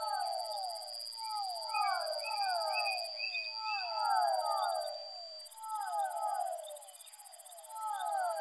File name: soundscape with amphibian vocalizations of physalaemus fischeri